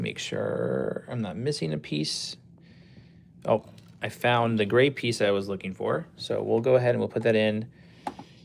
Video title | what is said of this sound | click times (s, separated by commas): LEGO Harry Potter Diagon Alley Build and Chill with me | You really can't see it, but you heard it, hopefully. It clicked in right there. | 8.1 s